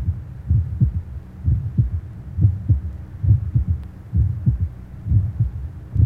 Age 20 innocent systolic murmur and third heart sound, mitral area.